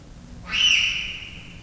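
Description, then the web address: Leopard cub chirp: one loud, clear whistled note that starts abruptly and slowly fades, with faint harmonics above and a low hum beneath. Three-month-old leopard cubs at Miskolc Zoo, recorded in 2009, chirping and meowing. "allathangok miskolcizoo 2009 standardt leopard haromhonaposkolyokcsipog nyavog"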